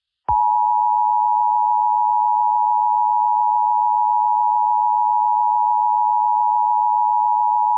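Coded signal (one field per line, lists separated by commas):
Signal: Emergency Alert System (SAME) tones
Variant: 853 and 960 Hz attention tone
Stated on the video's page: Homemade mock EAS scenario made with CapCut, not a real alert.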